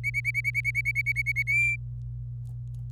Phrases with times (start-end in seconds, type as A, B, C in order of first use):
0.04-1.43 A, 1.47-1.76 B